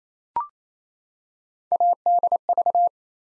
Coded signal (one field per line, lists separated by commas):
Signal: Morse code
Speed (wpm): 27 wpm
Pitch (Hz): 700 Hz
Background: none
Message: ADV